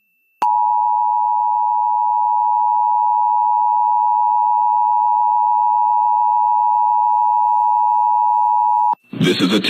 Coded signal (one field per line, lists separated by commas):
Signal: Emergency Alert System (SAME) tones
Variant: 853 and 960 Hz attention tone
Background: speech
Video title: South Idaho Required Monthly Tests (EAS #9739-9740) 2/2/23